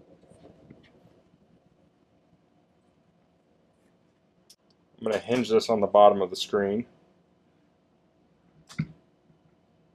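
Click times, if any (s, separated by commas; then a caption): 8.8 s. After a hard drive swap on a circa-2009 iMac, the glass front panel is hooked onto the bottom edge of the display and swung up, snapping into place on the frame's magnets at 8.8 s. Someone talks from about 5 to 7 seconds, and faint ticks come earlier. The sharp snap at 8.8 s marks the panel seated.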